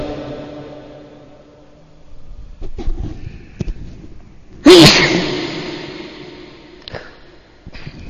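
A single loud, explosive sneeze bursts out after a quiet stretch with a few soft clicks and shuffles, its breathy tail fading over a couple of seconds.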